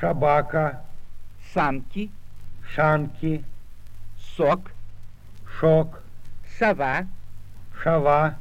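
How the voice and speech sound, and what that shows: Short Russian words are spoken slowly, one by one, with pauses. Most 's' sounds come out as 'sh' (санки as шанки, сова as шава), though one сок is correct. This is sigmatism, a defective pronunciation of the whistling sibilants.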